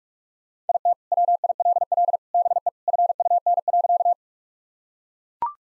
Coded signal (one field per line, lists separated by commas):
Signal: Morse code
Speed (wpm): 44 wpm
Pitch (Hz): 700 Hz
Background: none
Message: IT WILL BE FUN.